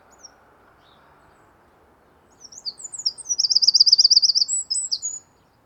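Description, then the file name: Eurasian wren song: a loud, high, rapid outburst of sharp notes with a fast rattling trill in the middle, lasting about three seconds after near silence. "Troglodytes troglodytes"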